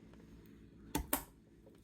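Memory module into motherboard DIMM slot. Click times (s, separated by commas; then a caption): 1.0 s, 1.1 s. A RAM memory module, lined up on the slot notch, is pressed down into a motherboard DIMM slot. Two sharp clicks at 0.9 and 1.1 seconds stand out over faint low background noise as the slot latches snap shut. The module is seated, and the push tab springs back up.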